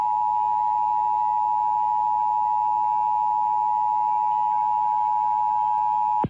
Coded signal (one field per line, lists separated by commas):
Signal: Emergency Alert System (SAME) tones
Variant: 853 and 960 Hz attention tone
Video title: Comcast Emergency Alert System - Maryland Required Monthly Test (December 28, 2022, #2)